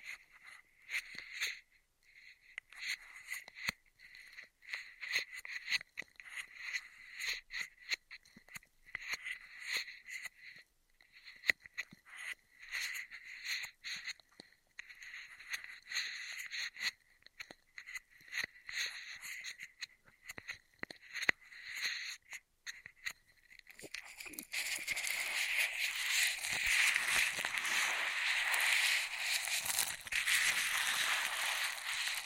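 Straw sounds in quick, irregular crackling bursts for about 24 seconds, then a denser, steadier bright hiss of rustling through the end.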